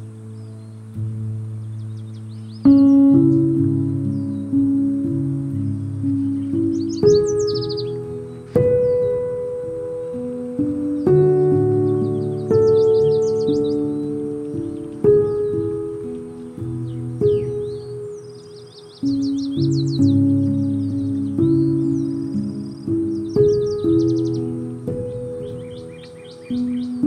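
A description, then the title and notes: At Patagonia Lake State Park, ringing bell-like tones change every few seconds, with a steady hum underneath and quick bird chirps above. Patagonia Lake State Park in SE Arizona.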